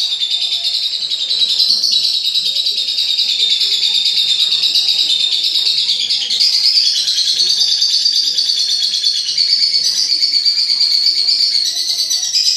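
Lovebird chatter, a continuous high, buzzy twittering that wavers slightly in pitch throughout, with no pauses.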